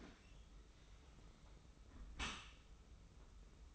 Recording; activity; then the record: daily activity, microphone in the room; close dishwasher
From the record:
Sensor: 1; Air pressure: 991.3 hPa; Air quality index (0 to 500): 123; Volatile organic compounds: 248 ppm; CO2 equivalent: 4356 ppm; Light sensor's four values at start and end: 40/126/50/51 and 40/126/50/51